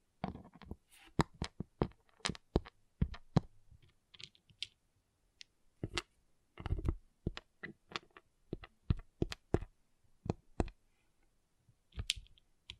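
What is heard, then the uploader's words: Pixel art beads click and tap in quick, irregular bursts, sharp bright clicks coming in clusters with short quiet gaps between them. ASMR Relaxing Pixel Art Beads ( No Talking).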